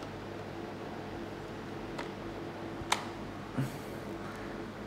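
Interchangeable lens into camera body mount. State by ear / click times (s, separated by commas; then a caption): seated / 2.9 s. An interchangeable lens is lined up red dot to red dot with a camera body mount and twisted until its bayonet locks. Over a steady low hum, a faint tick comes at 2.0 s, then a sharp, bright click at 2.9 s, followed by a soft low bump near 3.6 s. The click at 2.9 s is the lens seating tightly on the body.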